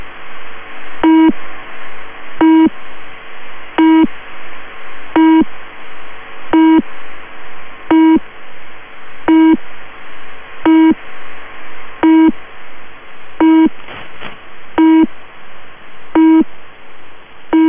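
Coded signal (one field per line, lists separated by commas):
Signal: channel marker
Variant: UVB-76 Low Pip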